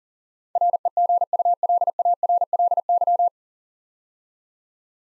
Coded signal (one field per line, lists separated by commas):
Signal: Morse code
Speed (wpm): 40 wpm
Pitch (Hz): 700 Hz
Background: none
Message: REGULARLY